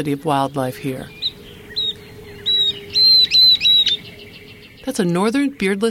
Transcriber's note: Northern Beardless Tyrannulet song